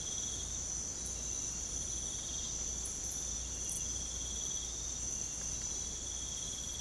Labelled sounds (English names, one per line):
none